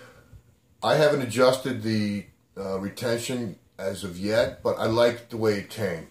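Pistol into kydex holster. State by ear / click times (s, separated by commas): not seated / none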